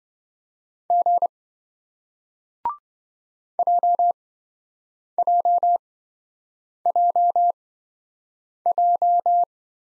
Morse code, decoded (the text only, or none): G JJJJ